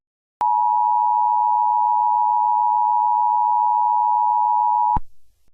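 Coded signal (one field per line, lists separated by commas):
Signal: Emergency Alert System (SAME) tones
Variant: 853 and 960 Hz attention tone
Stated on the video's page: Fictional EAS scenario about the Jersey Devil.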